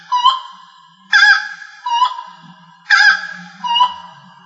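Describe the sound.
Rail calls in nasal, honking couplets, a brassy note answered by a thinner, lower one, a single thinner note followed by two pairs in quick succession over a quiet low hum.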